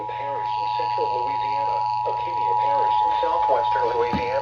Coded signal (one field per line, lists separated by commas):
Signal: Emergency Alert System (SAME) tones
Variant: 853 and 960 Hz attention tone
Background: speech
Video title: Severe Thunderstorm Warning (EAS #67) (INCLUDING FM)